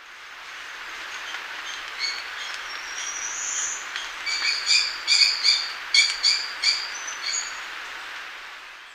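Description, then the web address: Maroon-tailed parakeet calls: a burst of harsh, screechy notes in the second half, over a steady hiss. Recorded in Ecuador. "Natures Songs S America Birds of Ecuador Maroon-tailed Parakeet"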